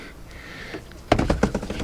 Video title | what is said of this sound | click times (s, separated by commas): I can do no more with this car | and that literally just snaps into place | 1.1 s, 1.3 s, 1.4 s